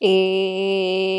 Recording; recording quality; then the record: sustained vowel as in made; excellent, no background noise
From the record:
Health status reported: healthy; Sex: female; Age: 26 years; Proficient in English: yes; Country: India